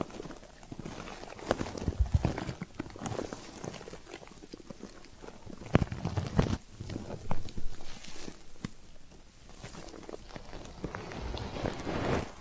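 Ear cleaning triggers: a steady run of soft scratching and rustling, punctuated by sharper taps and clicks every second or so. Stronger knocks land around two seconds and again near six, and the crackly texture stays dense throughout.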